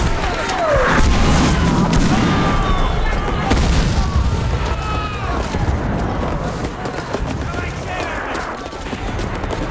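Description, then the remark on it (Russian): Artillery shells fall and explode at a fortress in the film Белое Солнце Пустыни: continuous booming explosions and bursts of gunfire rumble in a dense, chaotic barrage, with whistling streaks and crackling debris over a heavy low-end roar. “Падают и взрываются снаряды.”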